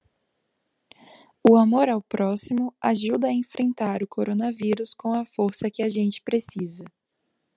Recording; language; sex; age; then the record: spoken sentence; Brazilian Portuguese; female; 20 to 29 years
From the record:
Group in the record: control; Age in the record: 20 years